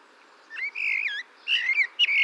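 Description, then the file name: Common blackbird giving two rich, whistled phrases that rise and fall, and the start of a third. "Turdus merula"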